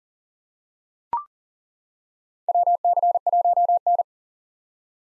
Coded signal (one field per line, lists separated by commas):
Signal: Morse code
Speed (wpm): 40 wpm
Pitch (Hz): 700 Hz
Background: none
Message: WC1N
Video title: 2023 POTA Activator Call Signs - 40wpm